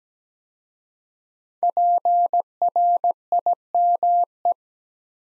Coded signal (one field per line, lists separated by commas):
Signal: Morse code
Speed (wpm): 17 wpm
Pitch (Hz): 700 Hz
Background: none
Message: PRIME